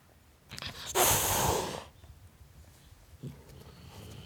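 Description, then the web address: Domestic cat hissing, one loud broad airy burst lasting nearly a second, followed by quieter rustles and a brief low sound. Tom cat hissing at a dog. "The BBC Sound Effects Library - Complete 60 CDs Collection Sound Effects Library-44 (Cats) 51 Tom Cat Hissing At Dog"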